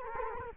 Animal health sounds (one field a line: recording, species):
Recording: mosquito wingbeat signal from an infrared sensor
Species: Culex quinquefasciatus